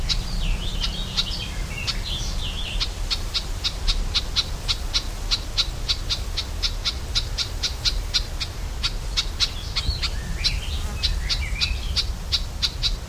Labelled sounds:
Garden Warbler alarm call
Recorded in the wild
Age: adult
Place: Mühlenbecker Teiche, Tegeler Fließ, Berlin, DE
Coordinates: 52.6458, 13.3956
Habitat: pond
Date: 1992-06-21 12:15
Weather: sunny, 19-26 °C, strengthening winds
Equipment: Marantz CP 430, Sennheiser ME 80, Kopie Tesla B 116
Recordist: Tembrock, Günter

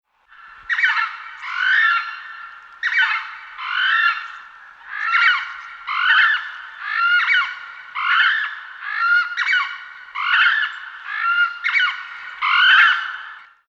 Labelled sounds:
Southern Screamer
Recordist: Tembrock, Günter
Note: Rufe eines Paares mit Jungen

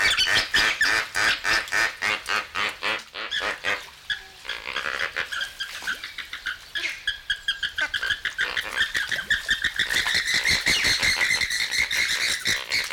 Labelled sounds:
Andean Flamingo
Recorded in captivity
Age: adult
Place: Zoo Berlin, Berlin, DE
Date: 1994-01-08 11:52
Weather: wolkig bis sonnig, 6 °C
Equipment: Marantz CP 430, Sennheiser MKH 416 T, Kopie Uher Variocord 263
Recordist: Tembrock, Günter

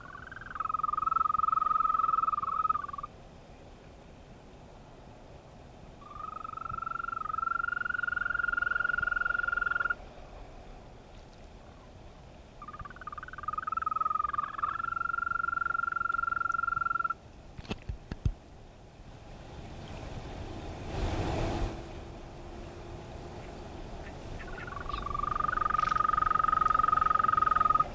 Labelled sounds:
Green Toad call
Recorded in the wild
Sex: male
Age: adult
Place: Karow, Naturpark Barnim, Berlin, DE
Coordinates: 52.6083, 13.4756
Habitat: pond
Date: 1965-06-12 21:40
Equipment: Uher 4000 Report-S, Transistorverstärker II, Sennheiser MD 421
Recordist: Tembrock, Günter
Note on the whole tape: In einem Teich bei Karow: Trillern (Balz). Keine genaue Ortsangabe

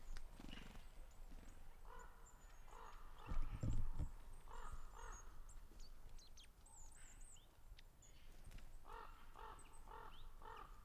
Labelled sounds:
Long-tailed Tit
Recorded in the wild
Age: adult
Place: Groß Schönebeck, Schorfheide, Brandenburg, DE
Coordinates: 52.9194, 13.5636
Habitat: coniferous forest
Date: 2007-10-02 15:02
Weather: overcast, ca 15°C, weak winds
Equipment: Sound Devices 702, Sennheiser MKH 70, Windkorb
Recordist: Frommolt, Karl-Heinz

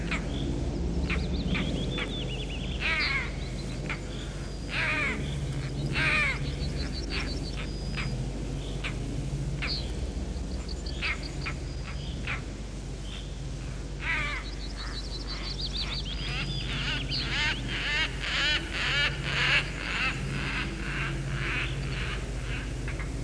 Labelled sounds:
European Roller
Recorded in the wild
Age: adult
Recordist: Meyer, Hugo

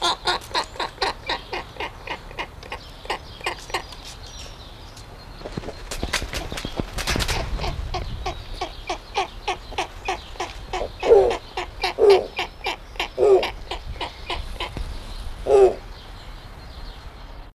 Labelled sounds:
Snowy Owl call
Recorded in captivity
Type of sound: call
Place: Zoo Hannover, Niedersachsen, DE
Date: 1973-04-26
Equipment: Halbspur, 9,5 cm/s
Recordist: Lütgens, Hans
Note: Rufe eines Paares

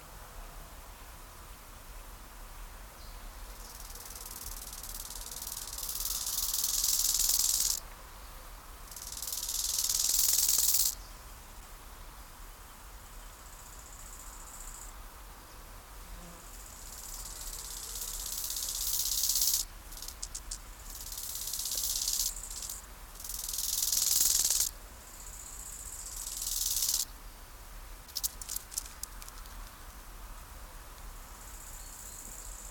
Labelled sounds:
Bow-winged Grasshopper stridulation
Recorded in the wild
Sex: pair
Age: imago
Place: Lienen, Nordrhein-Westfalen, DE
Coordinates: 52.145, 7.974
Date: 1991-09-14 17:45
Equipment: Marantz, Sennheiser ME 80, Kopie Tesla B 116
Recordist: Tembrock, Günter

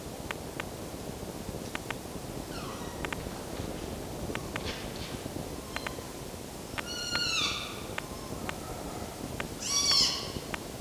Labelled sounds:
Red Fox
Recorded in captivity
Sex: pair
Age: adult
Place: Zoologisches Institut der HUB, Berlin, DE
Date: 1954-03-09 14:20
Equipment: Elmetra
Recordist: Tembrock, Günter

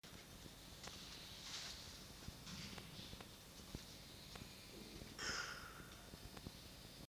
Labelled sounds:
Red Fox
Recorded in captivity
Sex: male
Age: adult
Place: Zoologisches Institut der HUB, Berlin, DE
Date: 1953-04-16 18:40
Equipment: Elmetra
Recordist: Tembrock, Günter
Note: Jupp (auf 7 liegend): Schlucken

